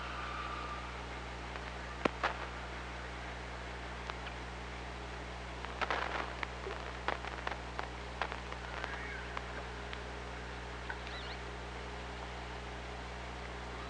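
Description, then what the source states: Killer whale calls: a short level tone at the start, scattered clicks midway, then brief rising tonal calls near the end, all over a constant low hum. Recorded on the OrcaLab hydrophone, 24 August 2017, at 06:12.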